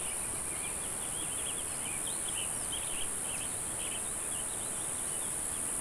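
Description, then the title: Cicadas make a steady, high, unbroken buzzing drone throughout, while small birds chirp and twitter underneath against a constant background hiss. "neoscenes: cicadas"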